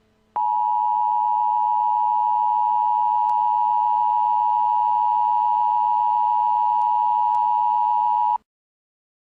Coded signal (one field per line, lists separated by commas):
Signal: Emergency Alert System (SAME) tones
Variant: 853 and 960 Hz attention tone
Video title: Emergency Alert System (Leave The World Behind)